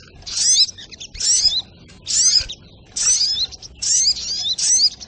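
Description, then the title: Crimson Sunbird giving sharp, high chattering phrases with descending sweeps, about six bursts spaced nearly a second apart. Labaik song style. "Masteran Burung Sogok Ontong Labaik"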